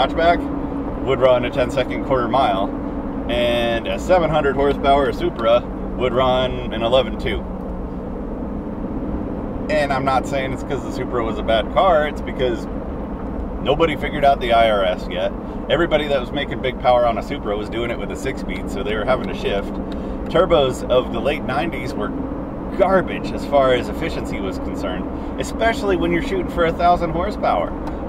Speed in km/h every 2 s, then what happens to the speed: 81, 77, 74, 72, 74, 77, 74, 71, 69, 74, 79, 81, 81, 79.
0-5 slows to 72. 5-10 steady at about 74. 10-14 slows to 71. 14-22 speeds up to 81. 22-28 steady at about 81.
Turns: none.